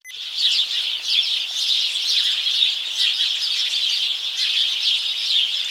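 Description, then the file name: House sparrows chirping in a crowd, a thick, continuous layer of bright overlapping chirps that starts abruptly and carries on steadily. "Passer domesticus"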